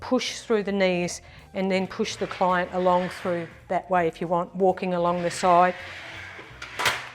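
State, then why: Seated. A tilt shower chair seat unit carrying a client is pushed along a transfer bridge onto its rolling base while someone talks. An audible lock sounds at 6.6 s as the shower chair locks into place on the bridge.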